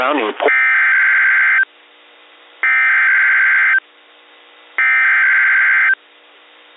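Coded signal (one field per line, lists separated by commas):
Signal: Emergency Alert System (SAME) tones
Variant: header bursts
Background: speech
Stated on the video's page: Real NOAA Weather Radio alert received via SDR from 300 W transmitter on 162.475 MHz, 13.6 miles away.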